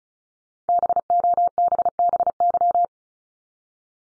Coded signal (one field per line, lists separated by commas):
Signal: Morse code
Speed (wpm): 36 wpm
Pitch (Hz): 700 Hz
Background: none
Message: BOBBY